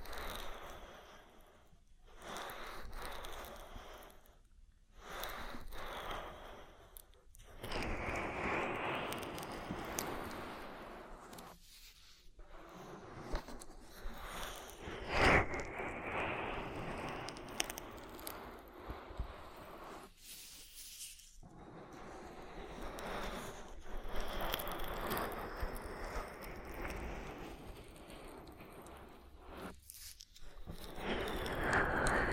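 Oily ear massage: wet, squishy rubbing and slick hissing strokes that swell and fade in uneven bursts. The sound drops out in short pauses, near 2, 5, 12 and 20 seconds, and a single sharp click lands around 15 seconds.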